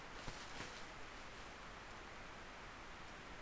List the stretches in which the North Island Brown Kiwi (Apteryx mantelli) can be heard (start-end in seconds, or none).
none